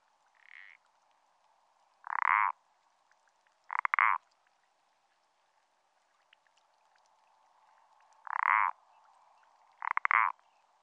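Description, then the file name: Common parsley frog giving brief creaking croaks, one faint then several loud, spaced irregularly over about ten seconds, quiet background. "pelodyte-ponctué"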